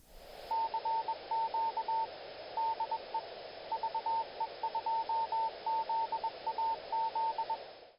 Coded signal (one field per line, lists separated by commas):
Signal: Morse code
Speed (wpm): 21 wpm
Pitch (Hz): 900 Hz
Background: radio noise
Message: CQ DE VE2ZAZ